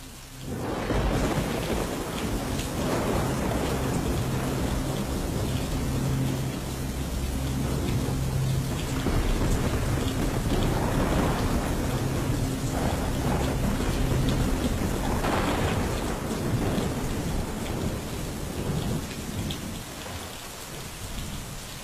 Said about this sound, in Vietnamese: sau đó chỉ là tiếng mưa rào rào cùng với tiếng sấm chớp vang rền trên tầng không.